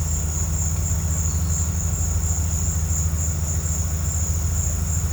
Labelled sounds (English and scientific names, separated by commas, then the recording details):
none
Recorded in pastures near Puerto Asís, Putumayo, Colombia, on 18 December 2024 at 15:30
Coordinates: 0.466, -76.322
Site G040